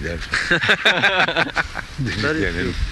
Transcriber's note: laughter